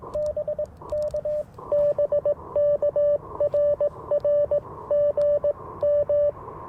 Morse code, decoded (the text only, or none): BK BK RR GM